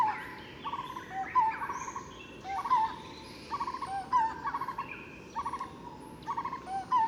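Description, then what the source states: Barbets calling, repeated clusters of hollow notes, with other birds faintly behind. Barbets in 30–40 m tall forest trees around the Angkor temples, Cambodia; Bayon temple, 8 December, 10:30; species not yet identified.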